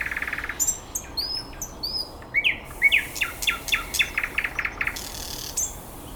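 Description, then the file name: Birds singing, a short buzzy trill opening, then high arched whistles and a run of rapid clicking chirps filling the rest. Recorded 9 May 2014 at 06:39. "birds 140509 0639"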